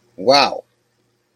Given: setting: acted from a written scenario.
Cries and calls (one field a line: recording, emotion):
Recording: vocal sound without words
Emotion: negative surprise